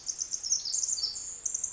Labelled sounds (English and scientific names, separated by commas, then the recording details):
Pacific Wren (Troglodytes pacificus)
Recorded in Sonoma County, California